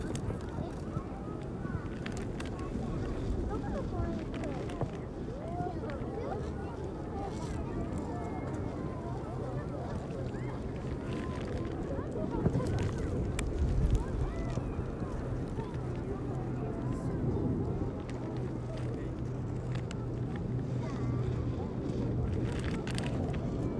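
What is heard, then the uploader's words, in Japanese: People are flying kites together in a park, with a steady wash of voices chattering throughout. A low, continuous rumble sits underneath, and scattered sharper sounds and brief gusts of wind rise now and then, one louder moment around twelve seconds. みんな凧揚げしています。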